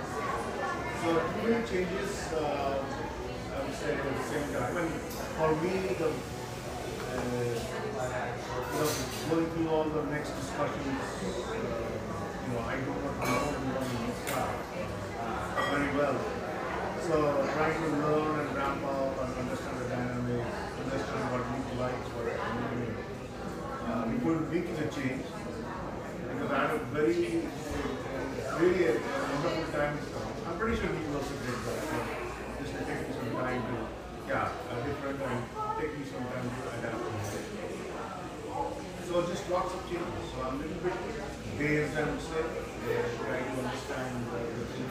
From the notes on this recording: the gentle hum of a wonderful neighborhood espresso shop, tucked away in a corner of the iconic coffee town of Portland, Oregon